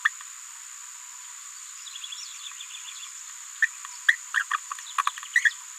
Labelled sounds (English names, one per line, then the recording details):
Green-rumped Parrotlet babbling
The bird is a female
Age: 27 days
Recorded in a nest box in Venezuela
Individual 17B73B2